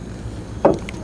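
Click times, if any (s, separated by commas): 0.7 s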